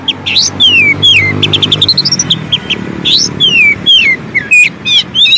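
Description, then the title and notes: Oriental magpie-robin song: rapid sequence of falling and rising whistled notes, some in quick runs, over a low humming background. Long-duration filler (isian) song to make magpie-robins (kacer) sing actively (gacor) day and night. "Kacer Jadi Gacor Siang Malam. Isian Kacer Durasi Panjang"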